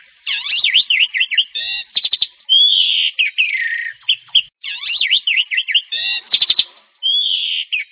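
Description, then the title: Oriental magpie-robin song with a zigzagging whistled phrase, a clicking trill and a long slurred note, the same sequence repeated twice. "Kacer"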